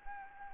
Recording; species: mosquito wingbeat signal from an infrared sensor; Anopheles arabiensis